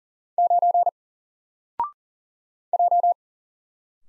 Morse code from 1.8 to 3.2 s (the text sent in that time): J